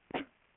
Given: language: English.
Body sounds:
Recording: throat vibration sensor signal played as sound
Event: cough

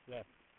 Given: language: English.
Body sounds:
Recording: throat vibration sensor signal played as sound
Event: speech

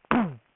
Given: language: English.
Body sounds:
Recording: throat vibration sensor signal played as sound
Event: throat clearing

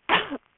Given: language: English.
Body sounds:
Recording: throat vibration sensor signal played as sound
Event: cough

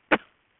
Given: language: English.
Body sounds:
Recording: throat vibration sensor signal played as sound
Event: cough

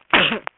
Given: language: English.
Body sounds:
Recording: throat vibration sensor signal played as sound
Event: cough

